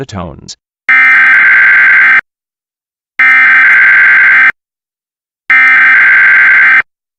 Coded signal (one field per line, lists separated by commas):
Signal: Emergency Alert System (SAME) tones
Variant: header bursts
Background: speech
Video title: EAS Weekly Test